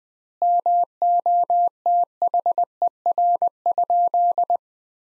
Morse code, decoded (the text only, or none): MOTHER?